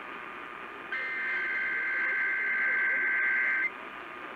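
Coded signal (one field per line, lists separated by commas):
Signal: Emergency Alert System (SAME) tones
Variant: header bursts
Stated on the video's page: Compilation of received EAS tests.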